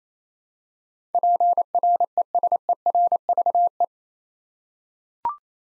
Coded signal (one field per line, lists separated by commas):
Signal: Morse code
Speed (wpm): 28 wpm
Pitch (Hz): 700 Hz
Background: none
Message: PRESERVE